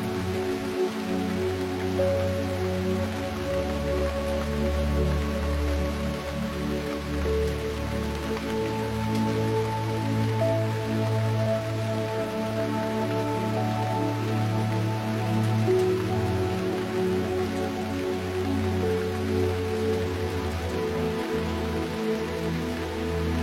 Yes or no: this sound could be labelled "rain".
yes